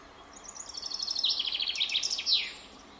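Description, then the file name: Common chaffinch singing one phrase of about two seconds: a quick trill stepping down in pitch, ending in a sharp flourish over a soft hiss. "Fringilla coelebs"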